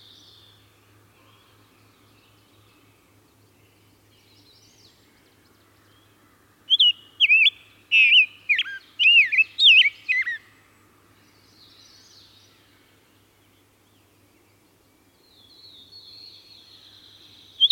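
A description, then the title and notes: A Rose-breasted Grosbeak sings a loud burst of rich, warbling phrases between about 7 and 10 seconds, then falls silent. Fainter bird calls sit before and after, over a steady low hum throughout. Rose-breasted Grosbeak.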